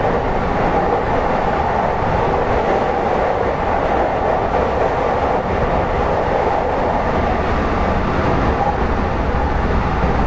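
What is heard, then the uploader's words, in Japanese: Running sound inside a 223 series electric train on a Kobe Line special rapid service. A dense, steady low rumble and roar holds at an even level for the whole stretch, with a fine rattling texture and a slight hum settling in near the end. JR西日本、223系電車の走行音です。神戸線の新快速列車にて収録しました。区間は、新大阪から三宮までです。神戸線新快速 新大阪から三宮まで。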